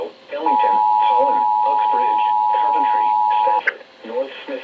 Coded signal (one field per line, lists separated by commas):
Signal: Emergency Alert System (SAME) tones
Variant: 853 and 960 Hz attention tone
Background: speech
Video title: INALIENABLE SEVERITY... Severe Weather EAS Alerts from July 3rd, 2025 SLGT Risk (EAS #2,067-2,103)